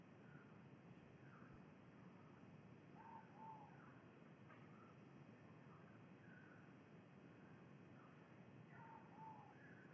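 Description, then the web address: Ivory-breasted pitta calling with paired low whistles twice, around three and nine seconds, while other birds chirp faintly at higher pitch over a constant hiss. Recorded in Indonesia. "ULM-DS-Lab indonesian-bird-sounds. Pitta maxima"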